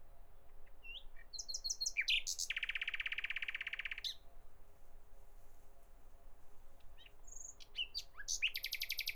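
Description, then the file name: Common nightingale singing varied phrases: high whistles, a loud buzzy rattle held for over a second, then sharp chirps and a rapid clicking trill. "Nachtigall"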